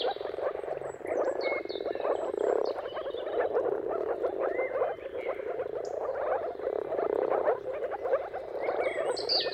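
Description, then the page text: Moor frog chorus, low and bubbling, swelling and easing in waves, with bird chirps and whistles throughout. Chorus of many moor frogs giving mating calls at sunrise, turn of March and April, timing depending on weather. "Jakub-Orzecki moor frogs. Dawn’s Chorus: Mating Calls of Marsh Frogs at Sunrise. Depending on the weather at the turn of March and April, you can witness an amazing spectacle of moor frogs"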